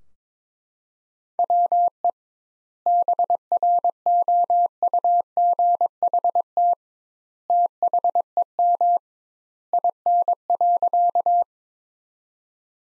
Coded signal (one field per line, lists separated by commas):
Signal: Morse code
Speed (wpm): 22 wpm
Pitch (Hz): 700 Hz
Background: none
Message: WE BROUGHT THEM IN.